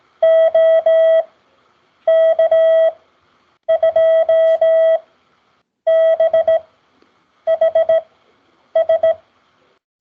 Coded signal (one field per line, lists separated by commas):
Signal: Morse code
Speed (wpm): 17 wpm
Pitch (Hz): 650 Hz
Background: none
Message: OK2BHS